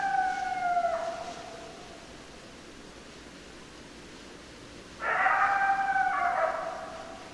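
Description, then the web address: Coyote calling: a wavering call at the start and another about five seconds later, over steady background hiss. Recorded 10 December 2012; more than one coyote. "sounds mammals Coyote 2012 12 10 Coyotes"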